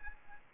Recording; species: mosquito wingbeat signal from an infrared sensor; Aedes albopictus